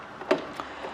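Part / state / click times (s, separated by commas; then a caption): plastic moisture cover over the battery connector of an electric scooter / seated / 0.3 s, 0.6 s. The plastic moisture cover over the battery connector of a Silence S01 electric scooter (Connected and S01+), which keeps out humidity that degrades the battery, is put back on. Two short hits ring out at 0.3 s and 0.6 s, the first louder, and the cover is seated.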